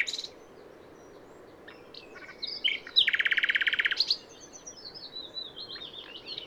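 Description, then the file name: Common nightingale song: scattered chirps leading into a loud, buzzy, rapidly pulsed rattle of about a second, then soft high warbling notes. "Luscinia megarhynchos"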